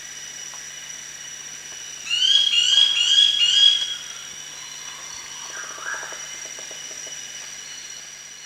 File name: rufous woodpecker